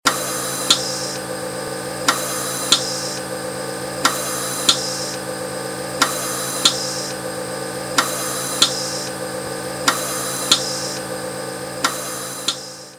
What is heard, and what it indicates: Daily life ventilator oxygen pump sound.